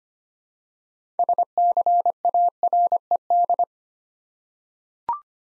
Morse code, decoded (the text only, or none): SCARED